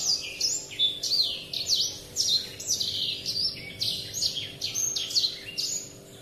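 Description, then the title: Oriental magpie-robin: continuous song of an Oriental magpie-robin, sweet whistled phrases mixed with harsher chatters, delivered in fast succession over a quiet background. "Kicau Kacer"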